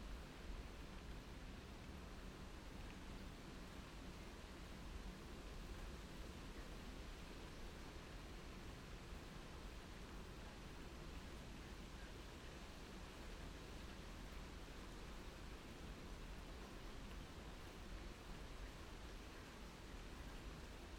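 Rain falls in a steady, dense hiss that fills everything from deep rumble to bright top, with no pauses or swells across the whole stretch. The level stays constant throughout, an even wash without distinct drops or other sounds standing out.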